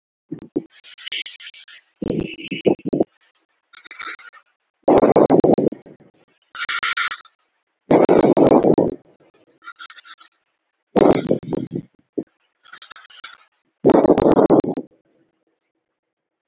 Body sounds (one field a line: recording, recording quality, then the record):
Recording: deep breathing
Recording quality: excellent, no background noise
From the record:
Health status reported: exposed to COVID-19, no respiratory illness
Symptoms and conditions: hypertension, diabetes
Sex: male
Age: 46 years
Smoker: not ticked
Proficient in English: yes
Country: India